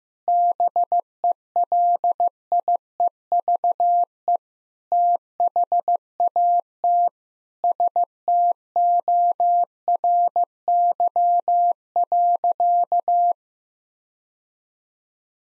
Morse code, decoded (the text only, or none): BELIEVE THAT STORY.